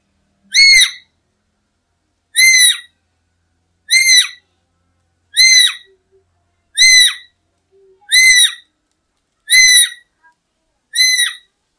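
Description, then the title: Black-capped lory calls: single loud, harsh, screeching notes with a downward hook, repeated roughly every one and a half seconds, eight in all. "Nuri merah kepala hitam"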